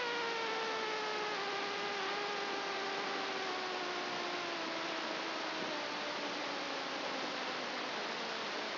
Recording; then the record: brain microelectrode recording played as sound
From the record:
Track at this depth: inside the subthalamic nucleus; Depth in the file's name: 2.205 mm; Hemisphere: right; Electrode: 2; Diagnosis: Parkinson's disease